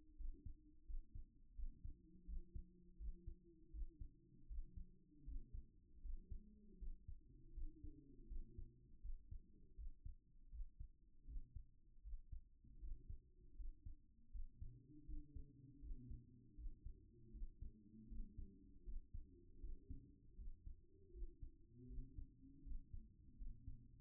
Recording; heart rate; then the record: heart sounds by stethoscope; 81 bpm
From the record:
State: at rest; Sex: male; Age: 37 years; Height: 170 cm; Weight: 86 kg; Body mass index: 29.76